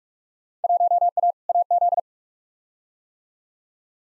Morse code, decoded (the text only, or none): 1A AZ